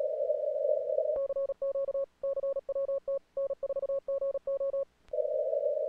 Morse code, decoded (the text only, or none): CQ CWT N4GO